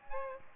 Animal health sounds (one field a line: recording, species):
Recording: mosquito wingbeat signal from an infrared sensor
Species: Aedes aegypti